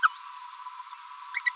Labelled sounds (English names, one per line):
Green-rumped Parrotlet babbling